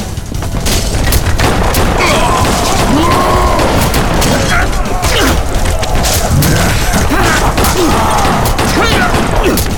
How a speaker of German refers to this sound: Verdammt, die Schüsse bringen nicht das Geringste.